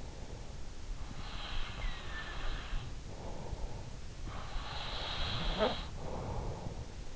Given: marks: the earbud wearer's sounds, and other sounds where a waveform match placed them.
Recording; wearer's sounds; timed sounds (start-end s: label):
sounds in sleep by an in-ear microphone; breath
0.99-3.39 s: breath
4.19-6.93 s: breath